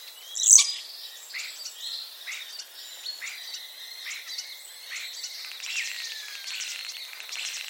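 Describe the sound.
Common starling giving a busy jumble of short chirps, clicks and brief whistles high in pitch, after one sharp squeak near the start, continuing without pause.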